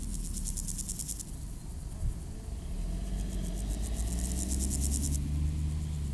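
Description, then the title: Grasshopper making rapid pulsed buzzes, a shorter burst then a longer one, while car engines hum low in the background. Recorded at Aveize, France, with cars passing; AB microphone pair on a Sony PCM-M10. "D633, Aveize, France - Sauterelles - Grasshoppers"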